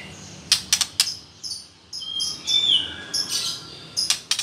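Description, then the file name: White-rumped shama giving quick clusters of sharp clicks with thin high notes and a short slurred whistle in between. Female bird. "murai batu betina"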